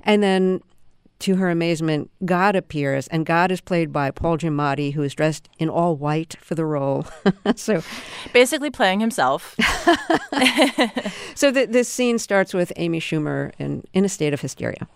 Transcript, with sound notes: And then to her amazement, God appears. And God is played by Paul Giamatti, who is dressed in all white for the role (laughter). So...
Basically playing himself.
(LAUGHTER)
So this scene starts with Amy Schumer in a state of hysteria.